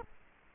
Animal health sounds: mosquito wingbeat signal from an infrared sensor; Culex quinquefasciatus

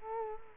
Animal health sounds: mosquito wingbeat signal from an infrared sensor; Culex quinquefasciatus

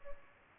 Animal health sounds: mosquito wingbeat signal from an infrared sensor; Culex pipiens

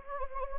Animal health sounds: mosquito wingbeat signal from an infrared sensor; Anopheles gambiae

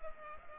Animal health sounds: mosquito wingbeat signal from an infrared sensor; Culex pipiens

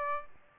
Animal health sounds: mosquito wingbeat signal from an infrared sensor; Aedes albopictus

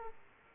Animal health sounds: mosquito wingbeat signal from an infrared sensor; Aedes aegypti

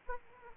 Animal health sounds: mosquito wingbeat signal from an infrared sensor; Aedes aegypti

